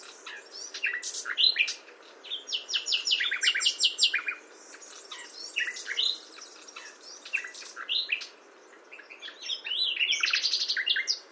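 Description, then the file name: Common nightingale song of varied chirps and whistles, with fast runs of repeated notes in bursts separated by brief quieter gaps. "Luscinia megarhynchos"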